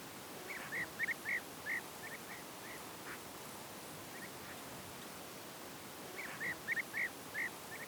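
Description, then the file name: Small bird chirps: quick bursts of short, sharp, slurred notes, two clusters a few seconds apart, over a steady hiss. Birds in a field. "Background of Birds in the Field"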